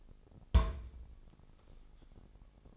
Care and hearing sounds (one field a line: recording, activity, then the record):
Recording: daily activity, microphone in the room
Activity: place on stove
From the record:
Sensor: 5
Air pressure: 999.4 hPa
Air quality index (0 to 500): 223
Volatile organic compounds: 21 ppm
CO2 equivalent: 2729 ppm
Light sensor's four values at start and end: 30/70/28/28 and 32/72/29/29